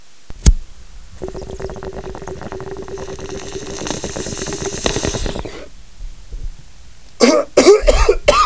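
A click, then a long raspy, rattling throat-clearing sound lasting about four seconds, followed after a pause by a quick run of three to four harsh voiced coughs from an adult. Plain coughing with throat clearing.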